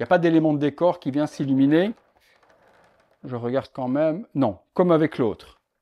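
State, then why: Not seated. A badly seated plastic piece of a collectible LED-lit Sonic the Hedgehog statue is being handled so it can be re-fitted into the statue body to stop a light leak. Someone talks, with a quieter stretch of faint handling noise around 2.2 and 2.4 seconds. The piece has not clicked or seated into place yet.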